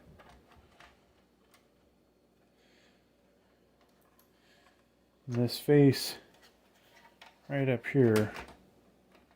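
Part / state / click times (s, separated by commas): drive and faceplate into PC case front / not seated / none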